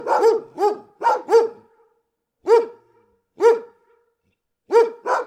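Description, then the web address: Big dog barking, four quick barks at first, then single barks spaced about a second apart, ending with a close pair. "Bart Kamski - Dogs - Dogs big close barking"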